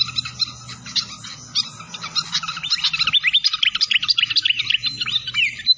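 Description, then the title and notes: Malaysian pied fantail song, rapid high chirps and upslurred squeaks growing busier, with a low gurgle of water throughout. Masteran training recording of the fantail's clear voice, locally called sikatan londo, mixed with the sound of flowing water. "Masteran Sikatan Kipas Suara Jernih Dan Suara Gemericik Air. Suara Burung Sikatan Londo"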